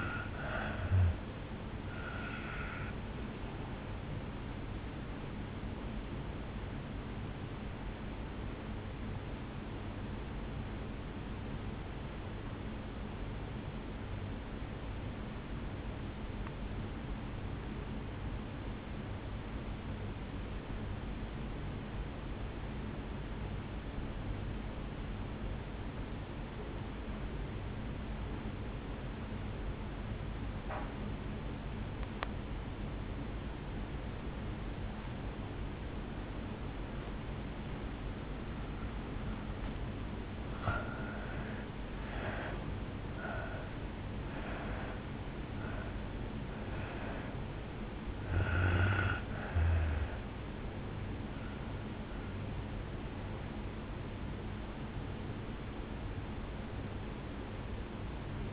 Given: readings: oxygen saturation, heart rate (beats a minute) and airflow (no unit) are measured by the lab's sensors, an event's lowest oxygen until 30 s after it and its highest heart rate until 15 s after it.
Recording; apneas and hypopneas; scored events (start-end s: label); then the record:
breathing in sleep by a voice recorder at the bedside; 1
10.00-40.50 s: obstructive apnea (N2, oxygen 97% highest, then 79% lowest, heart rate 52 at the start, 73 highest)
From the record:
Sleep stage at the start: N2 (light sleep); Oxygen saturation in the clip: 81 to 97%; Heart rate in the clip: 52 to 73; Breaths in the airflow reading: 6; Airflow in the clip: -11.4 to 6.0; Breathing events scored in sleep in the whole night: 449 in 7.0 hours asleep